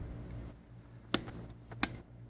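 A click-type torque wrench set to 23 lb is tightened on an ATV wheel lug nut until it clicks at its setting. Sharp clicks sound at 1.1 s and 1.8 s over a low background hum, with a few faint ticks around them, confirming the wrench has reached its torque setting.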